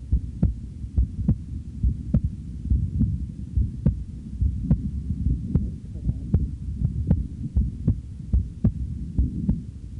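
Steady low thumping adult heartbeat at about 71 beats a minute, each beat a soft thud with a sharper click, over a low background hum, as part of a heartbeat soundscape. It has an ordinary regular rhythm.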